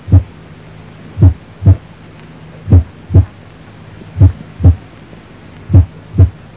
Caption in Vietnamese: Trong trường hợp phân ly nhĩ thất, làm cho nhĩ và thất co không đồng bộ nên cường độ tiếng thứ nhất rất khác nhau.